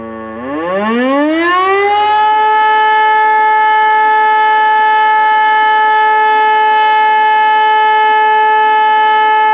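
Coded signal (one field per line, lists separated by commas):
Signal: siren signal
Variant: E57 electromechanical siren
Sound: motor siren winds up to a loud steady wail that holds through the clip's end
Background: outdoor ambience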